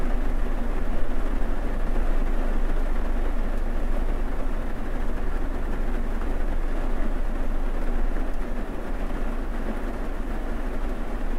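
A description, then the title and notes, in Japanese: Rain heard from inside a car, a steady, dense patter over a deep, constant low rumble that holds unchanged throughout. 車内の雨音。ホワイトノイズよりの音となります。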